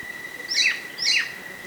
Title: Myiothlypis Nigrocristata